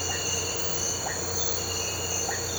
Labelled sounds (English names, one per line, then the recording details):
none
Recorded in pastures near Puerto Asís, Putumayo, Colombia, on 9 March 2025 at 06:00
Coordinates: 0.466, -76.322
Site CSA-02